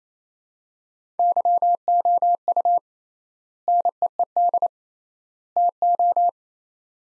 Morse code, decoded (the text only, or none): YOU NEED TO